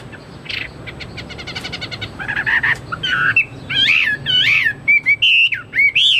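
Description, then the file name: Chinese hwamei song starting with fast buzzy rattles, then loud looping whistled notes and rising slurs. "omkicau hwamei"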